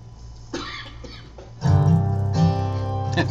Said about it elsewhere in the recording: That wasn't me coughing. That was actually on the recording.